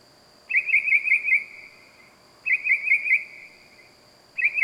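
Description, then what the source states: Bird giving a rapid rattling trill that tails off, repeated roughly every two seconds, with a steady high-pitched hum behind it. Loud bird calling at night in the wild.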